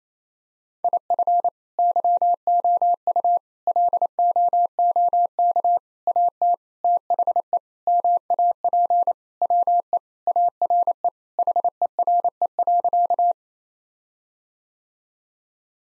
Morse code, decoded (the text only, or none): IF YOU LOOK AT THE MAP WE ARE HERE.